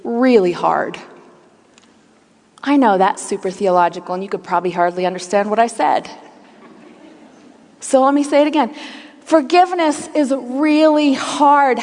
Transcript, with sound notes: really hard. I know that’s super theological, and you can probably hardly understand what I said. (laughter) So let me say it again: Forgiveness is really hard.